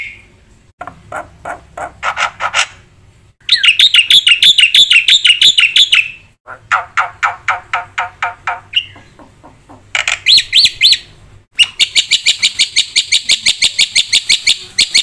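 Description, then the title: Black-winged myna delivering varied loud phrases: harsh trills, rapid repeated clicking notes and high buzzy rattles, switching abruptly between patterns. Known locally as jalak putih; energetic, full-fill fast song used as bait and master recording for training other songbirds. "Burung Jalak Putih Gacor Full Isian Cepat Untuk PANCINGAN Dan MASTERAN"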